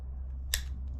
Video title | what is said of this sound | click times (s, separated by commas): Switching Your Half Face Blades Sheath from “Left” to “Right” | And you'll hear that click, which is just the stuff breaking free. | 0.5 s